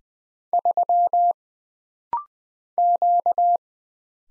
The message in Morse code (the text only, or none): 3 Q